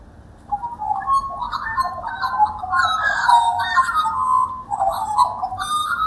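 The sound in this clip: Magpie warbling: a continuous run of rich, gurgling, flute-like notes that rise and fall, with softer high overtones.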